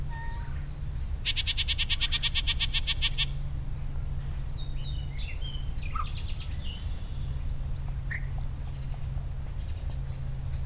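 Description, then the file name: Yellow-breasted chat delivering a fast dry rattle, followed by odd whistles, squeaky notes and a brief second rattle, against a persistent low drone. Recorded in Kent, Maryland, on 19 June 2010. "Yellow-breasted Chat Kent Md 20100619"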